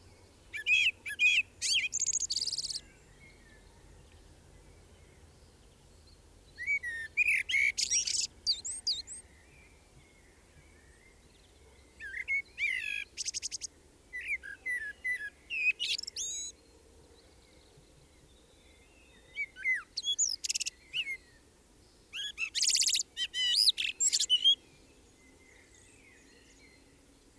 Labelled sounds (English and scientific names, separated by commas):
Common Blackbird (Turdus merula) song